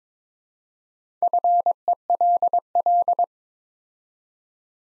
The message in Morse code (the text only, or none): FELL